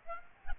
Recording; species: mosquito wingbeat signal from an infrared sensor; Aedes aegypti